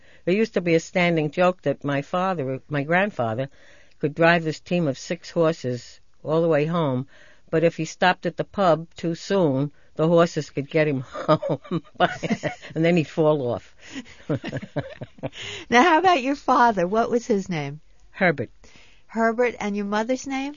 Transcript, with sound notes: There used to be a standing joke that my father, my grandfather could drive this team of six horses all the way home, but if he stopped at the pub too soon the horses could get him home. ( she laughs ) And then he'd fall off. ( she laughs )
Now, how about your father? What was his name?
Herbert.
Herbert. And your mother's name?